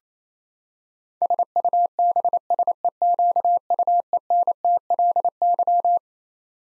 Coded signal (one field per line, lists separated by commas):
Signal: Morse code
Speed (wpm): 28 wpm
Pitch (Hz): 700 Hz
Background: none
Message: SUBSEQUENTLY